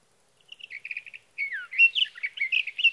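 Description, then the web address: Sage thrasher song beginning with a quick run of repeated chirps, a downslurred note, then a dense, rapid warble. "birdsongforthecurious Sage Thrasher"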